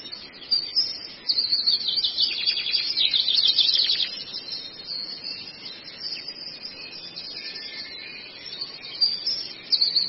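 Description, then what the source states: Long-tailed shrike song with dense, rapid, scratchy high trills peaking in the first four seconds, followed by softer sporadic chirps and a final short burst. Masteran song, used to train and tutor other songbirds.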